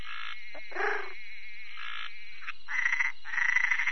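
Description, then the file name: Bokermannohyla luctuosa calls: pulsed, buzzy trills around the mid-high range, broken by short lower croaking notes. "Bokermannohyla luctuosa"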